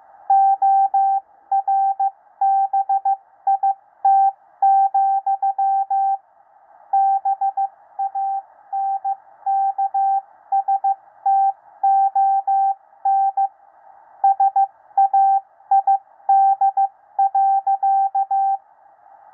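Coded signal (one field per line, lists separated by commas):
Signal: Morse code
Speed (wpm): 15 wpm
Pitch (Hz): 780 Hz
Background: radio noise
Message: ORBIT, BANKSTON SAID.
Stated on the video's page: 13 WPM code practice broadcast for head copy, part of a recent broadcast.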